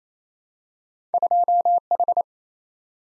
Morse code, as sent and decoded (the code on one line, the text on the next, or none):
..--- ....
2H